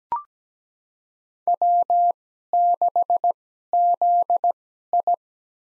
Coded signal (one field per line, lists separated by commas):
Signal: Morse code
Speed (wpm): 17 wpm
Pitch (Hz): 700 Hz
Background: none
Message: W6ZI